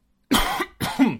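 An adult man coughs twice in quick succession.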